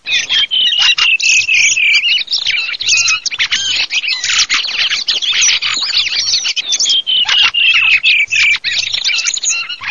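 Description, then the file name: Thrush song, a dense, continuous stream of high, varied whistles and chattering notes. "TORDOS"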